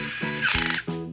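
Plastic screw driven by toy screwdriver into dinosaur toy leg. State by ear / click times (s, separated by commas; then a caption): torque reached / 0.7 s. A toy electric screwdriver drives a plastic screw into the front leg of a plastic triceratops, its motor whirring before a rapid rattle of ratcheting clutch clicks. The clutch clicks sharply at 0.7 s and again at 0.7 s as the screw bottoms out, then the motor hums on, meaning the screw is home and the leg is set.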